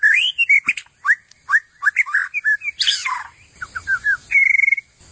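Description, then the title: White-rumped shama with slurred mellow whistles and harsh notes, ending in a fast trill. "Murai Batu"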